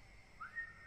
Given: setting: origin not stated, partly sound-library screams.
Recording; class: one-second piece from a danger detection set; normal situation